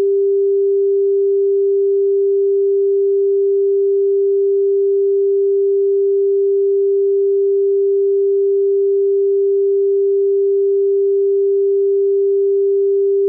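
A pure 396 Hz tone sounds steadily from start to finish, a single clean mid-low pitch with no wavering. Its loudness stays perfectly even for the whole thirteen seconds, with no other sounds and no background noise.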